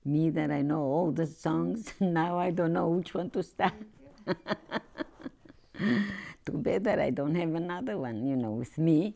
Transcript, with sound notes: Me that I know all the songs, and now I don't know which one to start. ( she laughs ) Too bad that I don't have another one, you know, with me.